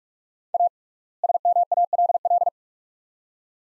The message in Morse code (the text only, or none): A SMALL